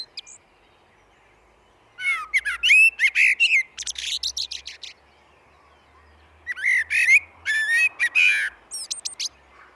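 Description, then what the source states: Common blackbird song: two long phrases of mellow whistled warbling mixed with high, scratchy twittering, separated by a short quiet gap. Recorded in a glen.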